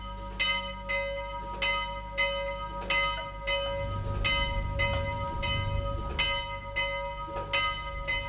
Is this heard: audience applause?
no